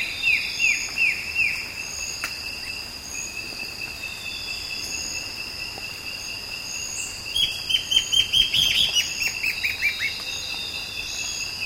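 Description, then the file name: Bird calling: falling slurred notes repeated at the start, then after a quiet stretch a fast, bright trill-like series of sharp notes trailing into more slurred calls, over a steady drone. "SABIOD 50 bird 2015"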